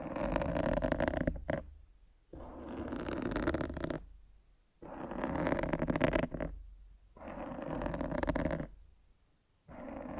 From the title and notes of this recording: ASMR Fall Asleep to Mic Scratching 1 Hour No Talking.